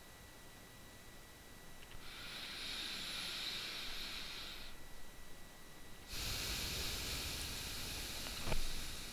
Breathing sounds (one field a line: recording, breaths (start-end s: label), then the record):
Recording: nose breathing near a microphone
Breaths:
1.84-5.98 s: inhalation
5.98-9.13 s: exhalation
From the record:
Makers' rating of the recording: bad